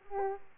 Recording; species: mosquito wingbeat signal from an infrared sensor; Aedes aegypti